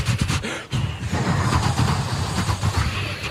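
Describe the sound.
A voice imitates a train toilet flushing: a loud, breathy rushing whoosh with a rumbling, pulsing low end, broken by a brief gap early on, then roaring steadily for about three seconds.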